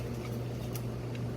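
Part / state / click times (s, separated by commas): gel cassette into gel electrophoresis chamber / not seated / none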